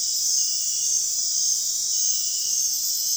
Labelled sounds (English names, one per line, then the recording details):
none
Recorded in dense forest near Puerto Asís, Putumayo, Colombia, on 20 February 2024 at 02:30
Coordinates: 0.499, -76.324
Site G6469